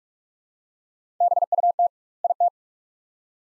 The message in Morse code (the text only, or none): BUT IT